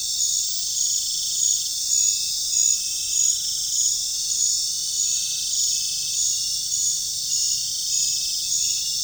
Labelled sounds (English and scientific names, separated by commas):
none